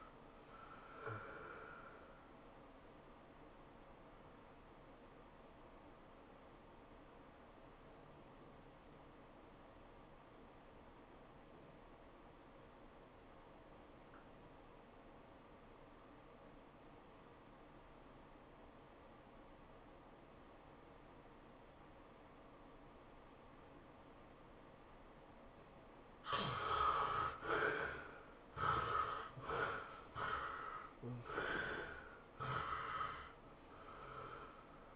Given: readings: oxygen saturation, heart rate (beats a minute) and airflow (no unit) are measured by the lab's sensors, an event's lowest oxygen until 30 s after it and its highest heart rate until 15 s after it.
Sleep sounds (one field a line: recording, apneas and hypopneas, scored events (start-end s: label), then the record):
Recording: breathing in sleep by a voice recorder at the bedside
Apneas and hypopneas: 1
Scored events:
3.00-27.10 s: obstructive apnea (REM, oxygen 97% highest, then 69% lowest, heart rate 110 at the start, 114 highest)
From the record:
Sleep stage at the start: REM sleep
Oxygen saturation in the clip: 64 to 97%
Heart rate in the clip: 95 to 116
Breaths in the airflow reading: 4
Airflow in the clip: -15.9 to 10.6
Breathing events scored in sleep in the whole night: 403 in 5.5 hours asleep